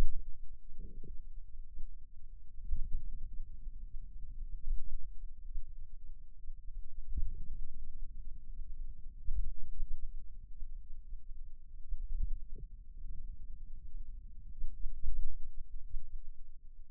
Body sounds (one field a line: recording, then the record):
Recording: forearm muscle sounds (acoustic myography)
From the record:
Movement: finger pinch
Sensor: system 2, bracelet of six BSWA MPA416 microphones around the upper forearm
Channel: 5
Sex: male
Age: 22 years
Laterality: right